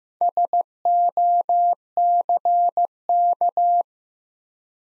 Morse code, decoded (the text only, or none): SOCK